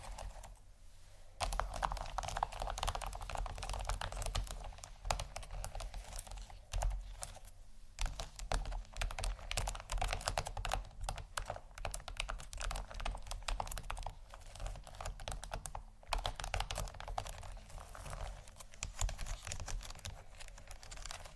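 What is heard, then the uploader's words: Textured bags crinkle and crackle in a dense, busy stream of tiny clicks after a quiet first second. The handling barely lets up, with short pauses near eight and sixteen seconds, over a low rumble throughout. ASMR 4 Textured Bags 1 Hour（No Talking）.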